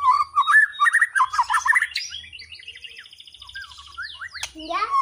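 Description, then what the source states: White-rumped shama song: loud, varied whistled phrases that rise and fall rapidly, followed by thin high trills and a sharp rising sweep near the end. Song imitating a canary; described with the term 'nembak kenari' for copying canary phrases.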